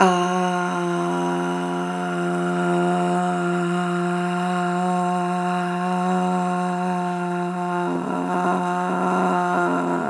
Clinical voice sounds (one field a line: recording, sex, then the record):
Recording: sustained vowel /a/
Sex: female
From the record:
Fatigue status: no fatigue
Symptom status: symptomatic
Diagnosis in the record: COVID-19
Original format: m4a